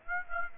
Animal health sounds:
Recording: mosquito wingbeat signal from an infrared sensor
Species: Aedes aegypti

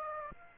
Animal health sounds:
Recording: mosquito wingbeat signal from an infrared sensor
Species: Aedes aegypti

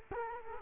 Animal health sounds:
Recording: mosquito wingbeat signal from an infrared sensor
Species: Culex quinquefasciatus

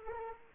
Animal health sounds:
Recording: mosquito wingbeat signal from an infrared sensor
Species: Anopheles arabiensis

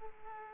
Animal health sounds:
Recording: mosquito wingbeat signal from an infrared sensor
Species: Aedes aegypti

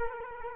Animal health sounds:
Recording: mosquito wingbeat signal from an infrared sensor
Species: Culex quinquefasciatus

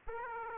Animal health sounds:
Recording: mosquito wingbeat signal from an infrared sensor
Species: Aedes aegypti

